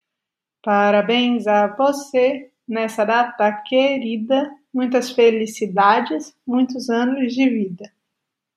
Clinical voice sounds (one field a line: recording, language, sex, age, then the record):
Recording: short text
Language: Brazilian Portuguese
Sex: female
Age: 30 to 39 years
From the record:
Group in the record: control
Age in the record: 35 years